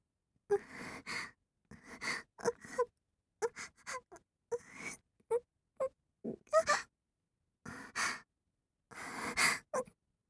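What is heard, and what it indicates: An adult's quiet gasping breathing: about a dozen short, irregular gasping breaths over ten seconds, several with a faint moaning voice, separated by brief silences in a quiet room, with abrupt catches of air rather than an even breathing rhythm.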